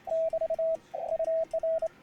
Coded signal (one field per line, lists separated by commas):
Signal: Morse code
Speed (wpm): 27 wpm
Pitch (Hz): 650 Hz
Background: radio noise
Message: <BT> UR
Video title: I made a Multi Band vertical and RAG CHEW with the Bug Key